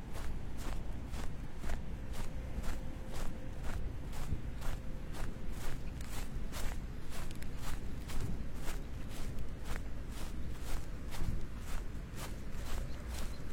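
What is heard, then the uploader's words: Walking outdoors at midday on a cloudy day, footsteps land in a steady, even rhythm of roughly two per second, each a crisp scuff. Beneath them runs a constant low rumble, with a faint thin tone holding for several seconds early on. 27℃ 多云天的午间散步. Noon Break Walking On A Cloudy Day.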